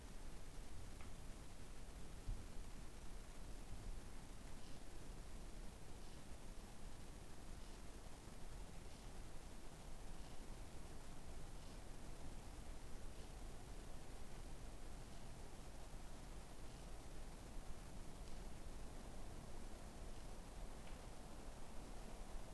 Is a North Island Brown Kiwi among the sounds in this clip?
no